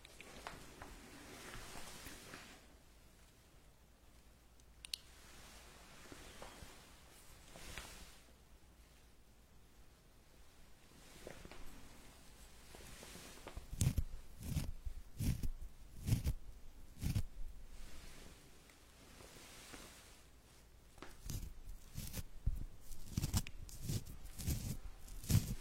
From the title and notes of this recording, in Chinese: 按摩耳朵3（声控助眠）。